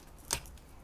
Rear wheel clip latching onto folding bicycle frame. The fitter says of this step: entendez le clic la